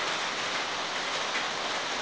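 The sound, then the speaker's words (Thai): Steady rain pattering on a roof, a dense, even hiss of countless drops with no pauses or voices, holding at a constant moderate loudness throughout. “มีฝนตกลงมากระทบหลังคาเรารู้สึกว่ามันรบกวนการฟัง”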